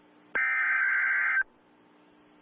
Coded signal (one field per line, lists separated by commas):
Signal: Emergency Alert System (SAME) tones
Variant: header bursts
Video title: Possessed eas alert